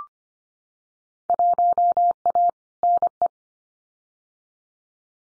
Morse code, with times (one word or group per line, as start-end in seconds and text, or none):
1.3-2.5 1A
2.8-3.3 NE